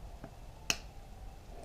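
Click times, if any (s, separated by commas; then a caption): 0.7 s. A thin rubber cover over the charging ports of a Brunton All Day battery pack for the GoPro Hero 3+ is pressed closed. After a faint tick at 0.2 s, a sharp, bright click sounds at 0.7 s against a quiet background. The cover clicks shut and is seated.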